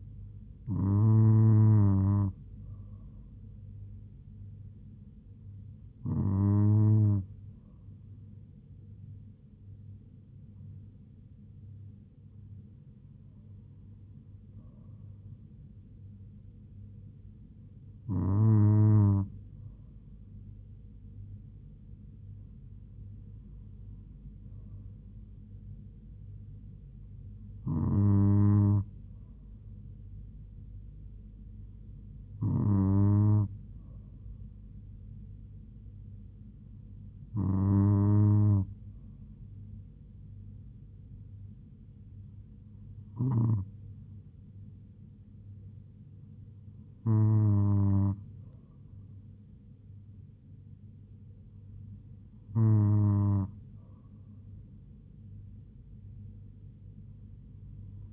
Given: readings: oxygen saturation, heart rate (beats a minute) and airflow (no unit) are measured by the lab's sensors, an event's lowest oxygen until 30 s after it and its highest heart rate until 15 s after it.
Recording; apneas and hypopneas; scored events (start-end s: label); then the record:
breathing in sleep by a smartphone at the bedside; none
none scored
From the record:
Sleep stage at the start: N2 (light sleep); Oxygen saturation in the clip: 96 to 97%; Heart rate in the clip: 69 to 78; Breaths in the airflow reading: 12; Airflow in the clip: -3.4 to 2.6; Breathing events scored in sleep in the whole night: 158 in 7.3 hours asleep